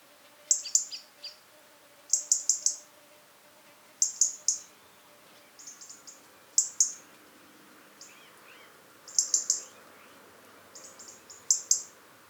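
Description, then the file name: European robin calling: sharp, very high clicking notes in tight clusters, repeated every second or two over a quiet background. "Erithacus rubecula"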